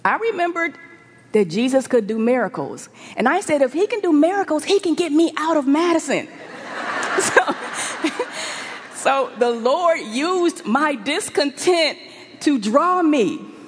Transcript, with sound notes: I remembered that Jesus could do miracles. I said, If He can do miracles, He can get me out of Madison! (laughter) The Lord used my discontent to draw me.